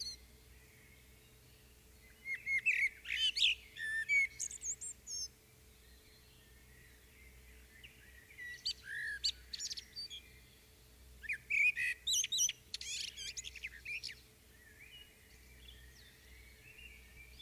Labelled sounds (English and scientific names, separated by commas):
Common Blackbird (Turdus merula) song